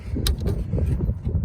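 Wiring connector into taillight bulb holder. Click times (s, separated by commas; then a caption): 0.3 s. The small plastic wiring connector of a 2011 Volkswagen Jetta taillight is plugged into the bottom of the taillight's bulb holder, giving a single sharp click at 0.3 s over a steady low rumble, with fainter taps at 0.4 s and 0.8 s. The connector is seated and plugged back in.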